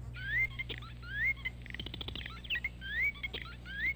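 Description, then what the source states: Purple Martin calling with liquid, rising chirps and gurgling, crackly notes. Busy chatter runs throughout over a faint low hum. Heard singly.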